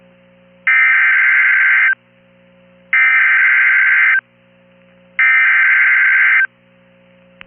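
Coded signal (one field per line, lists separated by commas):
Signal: Emergency Alert System (SAME) tones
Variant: header bursts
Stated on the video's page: Back-to-back Virginia severe thunderstorm warning SAME alerts received on NOAA Weather Radio from Manassas, Virginia.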